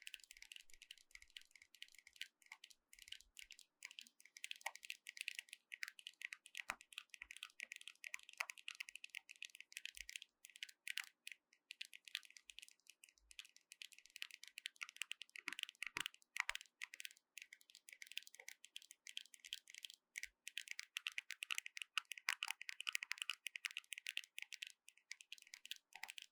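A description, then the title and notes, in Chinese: Random objects at hand are tapped in quick, irregular bursts of bright, dry clicks that continue densely throughout, with occasional louder knocks. 隨機敲敲。Tapping。NO Talking。手邊的東西，拿到啥就敲啥。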